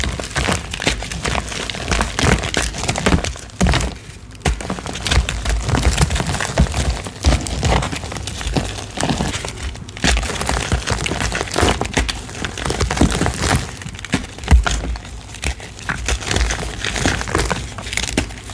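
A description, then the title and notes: Baby oil and gym chalk being crushed and worked together, a dense run of soft crunching, squishing and crinkling that barely lets up for the whole stretch. The texture stays busy and fairly even in loudness, with brief dips near four and ten seconds. Baby Oil Gym Chalk Crushing Compilation.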